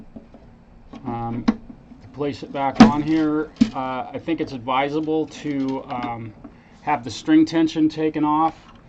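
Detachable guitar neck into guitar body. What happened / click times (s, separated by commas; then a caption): The neck is handled but has not yet snapped into the body / none. The detachable neck of a travel guitar is being handled back onto the guitar body with the string tension taken off, while someone talks over it. Faint handling sounds and short knocks sit under the speech, and a sharp hit comes right at the very end around 9.0 s. The neck is not yet home; nothing has seated or clicked yet.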